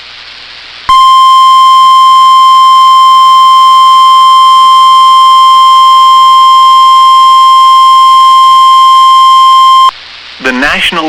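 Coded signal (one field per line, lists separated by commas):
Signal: Emergency Alert System (SAME) tones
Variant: 1050 Hz attention tone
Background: speech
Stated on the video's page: Four severe thunderstorm warning SAME alerts about ten minutes apart on NOAA Weather Radio WXM99.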